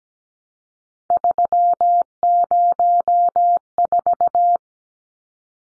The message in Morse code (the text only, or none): 304